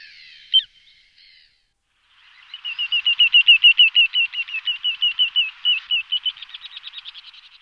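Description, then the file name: Little ringed plover, a short note, then a long rhythmic series of rolling, buzzy notes, swelling and slowly fading. "charadrius dubius"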